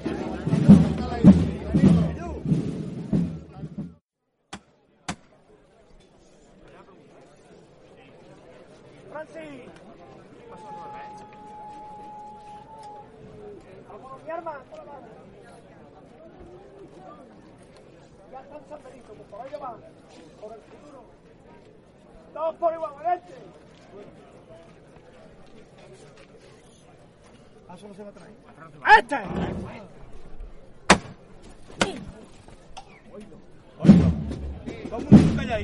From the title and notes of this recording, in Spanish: Sonidos del trasncurrir del paso de María Santísima de Salud y Esperanza por el barrio de San Benito en su regreso tras haber participado del Vía Lucis Mariano.